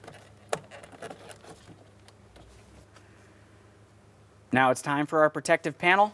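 A second plastic wiring harness connector is pressed into the seat heater switch in the door area of a 2008-2016 Chrysler Town & Country during rear interior door handle replacement, and it clicks into place at 0.5 s, leaving it seated. Faint handling taps follow, and someone talks from about 4.5 s.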